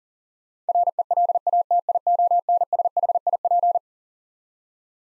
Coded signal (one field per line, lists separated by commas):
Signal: Morse code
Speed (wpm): 40 wpm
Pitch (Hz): 700 Hz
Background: none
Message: RELATIONSHIP